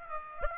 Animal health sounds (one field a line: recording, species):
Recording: mosquito wingbeat signal from an infrared sensor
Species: Aedes aegypti